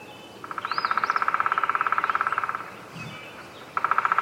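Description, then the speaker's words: Black woodpecker drumming: a fast, even roll of strikes lasting about two seconds, then a pause before another roll begins. A black woodpecker at work. "c'est un pic noir en plein travail."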